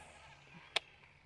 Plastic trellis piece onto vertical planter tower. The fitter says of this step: And then you start up high, drop it down, it clicks in place,